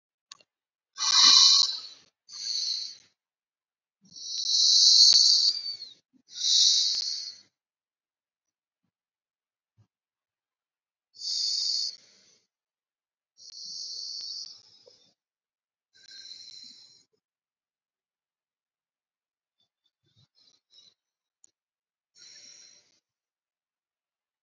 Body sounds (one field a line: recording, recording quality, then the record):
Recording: deep breathing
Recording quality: excellent, no background noise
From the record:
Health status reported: COVID-19 positive, mild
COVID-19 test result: positive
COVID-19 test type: RT-PCR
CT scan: not taken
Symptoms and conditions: cough, cold, fever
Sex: male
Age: 25 years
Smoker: yes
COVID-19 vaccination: both doses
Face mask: not worn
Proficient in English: yes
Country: India